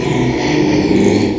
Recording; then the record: squeal of a Yucatan mini pig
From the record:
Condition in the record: after surgery on the right vocal fold (resection and tissue-engineered implant); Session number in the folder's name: 2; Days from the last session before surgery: 13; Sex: male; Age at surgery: 12 weeks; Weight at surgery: 13 kg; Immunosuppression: cyclosporine, prednisolone